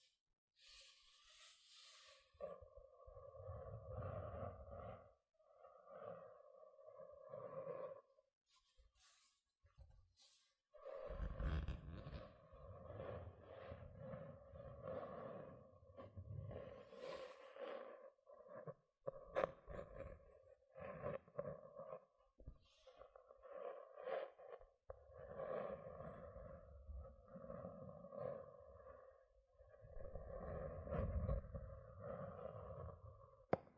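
Gentle scratching comes in uneven bursts with a low rumbling undertone and a steady hum, pausing briefly around ten seconds before continuing.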